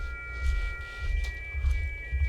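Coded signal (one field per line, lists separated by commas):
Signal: FT8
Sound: several thin steady tones at once, stepping slightly, over low rumbling background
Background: low rumble, radio noise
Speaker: You guys let me know if the audio from FT8 is a little too hot and heavy.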